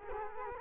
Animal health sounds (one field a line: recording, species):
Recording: mosquito wingbeat signal from an infrared sensor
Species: Culex quinquefasciatus